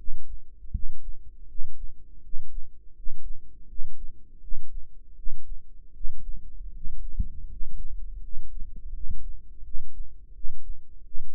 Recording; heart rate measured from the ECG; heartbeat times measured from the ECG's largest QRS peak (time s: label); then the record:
heart sounds by microphone in the right ear; 81 bpm
0.70 s: heartbeat
1.46 s: heartbeat
2.20 s: heartbeat
2.93 s: heartbeat
3.66 s: heartbeat
4.39 s: heartbeat
5.14 s: heartbeat
5.92 s: heartbeat
6.71 s: heartbeat
7.47 s: heartbeat
8.19 s: heartbeat
8.91 s: heartbeat
9.62 s: heartbeat
10.32 s: heartbeat
11.02 s: heartbeat
From the record:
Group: healthy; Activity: rest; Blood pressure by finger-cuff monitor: 112/72 mmHg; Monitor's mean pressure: 82 mmHg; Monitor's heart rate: 82 bpm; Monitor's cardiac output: 6.6 L/min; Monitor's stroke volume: 82 mL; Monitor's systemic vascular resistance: 890 dyn s/cm5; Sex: male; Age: 35 years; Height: 180 cm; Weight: 86.9 kg